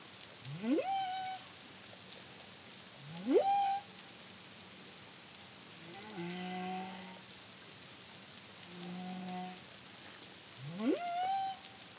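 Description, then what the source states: Humpback whale song: rising whoops that level off, with low harmonic moans between them, over a steady background hiss. Song recorded in the Caribbean under the CARIMAM project in 2023.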